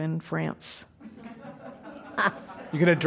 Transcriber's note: laughter